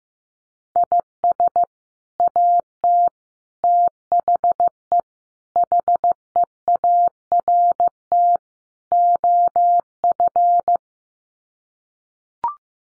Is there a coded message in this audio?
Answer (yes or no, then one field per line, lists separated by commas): yes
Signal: Morse code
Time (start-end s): 0.8-10.8 s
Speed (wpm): 15 wpm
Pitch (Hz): 700 Hz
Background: none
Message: IS AT THE HEART OF